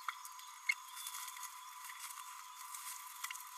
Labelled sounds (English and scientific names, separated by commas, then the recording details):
Green-rumped Parrotlet (Forpus passerinus) babbling
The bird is a male
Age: 29 days
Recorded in a nest box in Venezuela
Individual 17B32A6